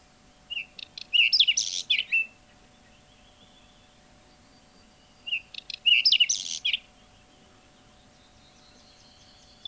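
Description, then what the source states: Whinchat song: two short scratchy phrases of mixed whistles and buzzy notes, separated by a pause. Field recording released on cassette in Finland in 1987.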